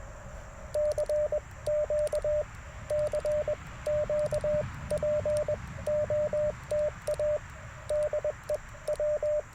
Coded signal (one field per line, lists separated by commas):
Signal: Morse code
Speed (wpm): 21 wpm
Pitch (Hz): 600 Hz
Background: radio noise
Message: CQ CQ POTA DE W